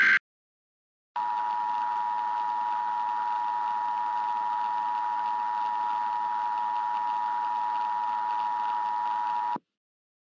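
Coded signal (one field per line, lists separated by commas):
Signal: Emergency Alert System (SAME) tones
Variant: 853 and 960 Hz attention tone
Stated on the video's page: Fictional emergency alert scenario, not a real broadcast.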